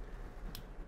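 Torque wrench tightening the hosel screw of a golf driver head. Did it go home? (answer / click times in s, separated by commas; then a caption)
yes / 0.6 s. A golf driver's torque wrench tightens the hosel screw after the adjustable hosel sleeve is turned to the new loft setting. Against a low background, a single short, bright click is heard at 0.6 s. The click means the screw is fully tightened at its setting.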